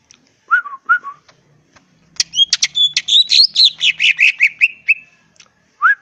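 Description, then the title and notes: Leafbird song: two slurred whistles, then a dense, fast burst of mixed chattering and downslurred notes, ending with a rising whistle. Vigorously singing (gacor), melodious leafbird (cucak ijo) in ngentrok style with crest raised (jambul nembak); recording intended as a master track for training other cucak ijo. "Cucak Ijo Gacor Ngentrok Jambul Nembak. suara burung cucak ijo gacor, merdu cocok buat masteran burung cucak ijo"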